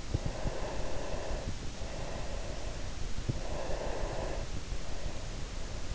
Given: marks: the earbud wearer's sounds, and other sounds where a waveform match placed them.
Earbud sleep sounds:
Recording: sounds in sleep by an in-ear microphone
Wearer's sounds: breath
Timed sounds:
0.22-3.21 s: breath
3.66-5.94 s: breath

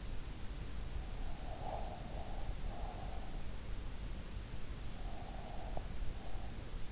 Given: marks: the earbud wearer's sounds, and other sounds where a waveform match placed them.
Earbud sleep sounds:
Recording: sounds in sleep by an in-ear microphone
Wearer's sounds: breath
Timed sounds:
1.17-3.89 s: breath

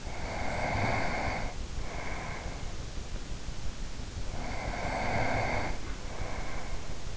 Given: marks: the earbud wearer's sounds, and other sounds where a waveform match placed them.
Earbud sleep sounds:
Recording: sounds in sleep by an in-ear microphone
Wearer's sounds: breath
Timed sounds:
0.06-2.95 s: breath
4.32-7.17 s: breath

